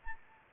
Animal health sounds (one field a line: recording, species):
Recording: mosquito wingbeat signal from an infrared sensor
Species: Anopheles arabiensis